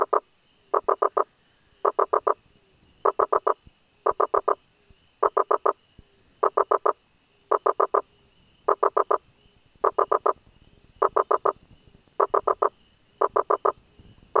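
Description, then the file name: Rosenberg's gladiator frog calling in short, repeated bursts of three to four rapid knocking notes, over a faint steady high hiss. "Boana rosenbergi"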